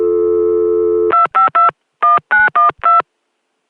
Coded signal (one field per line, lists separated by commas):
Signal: DTMF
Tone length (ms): 140 ms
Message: 2521912